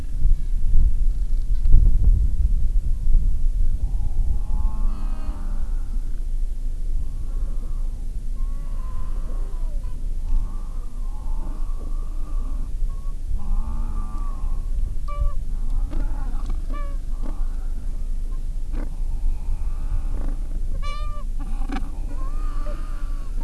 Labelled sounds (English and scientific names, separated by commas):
Gentoo Penguin (Pygoscelis papua)